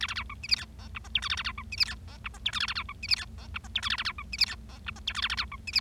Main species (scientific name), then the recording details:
Lonchura striata domestica. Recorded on 25 March 2012 at 19:45. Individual gy6or6